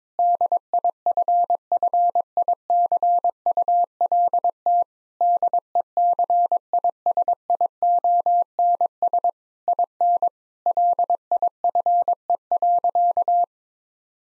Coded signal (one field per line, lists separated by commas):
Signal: Morse code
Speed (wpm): 22 wpm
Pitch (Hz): 700 Hz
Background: none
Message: DIFFICULT DECISIONS IN LIFE.